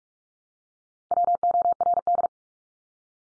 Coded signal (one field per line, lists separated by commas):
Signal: Morse code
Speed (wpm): 44 wpm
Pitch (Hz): 700 Hz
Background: none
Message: WORD